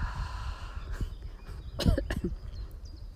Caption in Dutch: En dan zucht je het uit. Ik begin er meteen van te hoesten. Maar dan merk je dus dat er een rem op dat keelgebied zit.